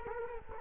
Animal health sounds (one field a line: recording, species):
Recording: mosquito wingbeat signal from an infrared sensor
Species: Culex quinquefasciatus